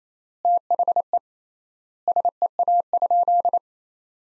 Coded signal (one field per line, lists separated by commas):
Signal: Morse code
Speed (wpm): 28 wpm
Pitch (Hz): 700 Hz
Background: none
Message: THE SEA?